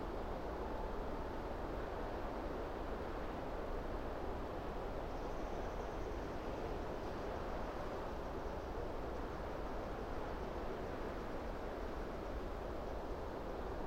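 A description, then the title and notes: A breeze moves steadily through an upland fir forest, making a dense, even rush that sits mostly low and full, with a soft hiss above. The level barely changes across the whole stretch, and no distinct calls or other events stand out. Upland fir forest. High, in the remoteness of the Cumbrian hills above Dentdale, with buzzards circling overhead, we found a fir forest. All leaning, slightly, against a mild August breeze. We left the Lento mics alone to capture the undulating sound within the heart of this forest.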